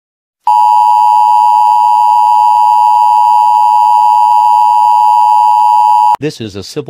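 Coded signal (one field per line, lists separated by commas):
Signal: Emergency Alert System (SAME) tones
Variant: 853 and 960 Hz attention tone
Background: speech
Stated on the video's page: Fictional EAS scenario, a remake of another creator's scenario.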